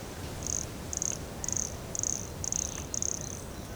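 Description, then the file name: Pumpkin toadlet uttering a regular series of six brief, high buzzy notes against a soft, steady hiss. Recorded at Morro do Canal in January 2017, 150 cm from the microphone. "Brachycephalus sulfuratus Morro do Canal 150 cm from microphone LFRibeiro JAN-2017"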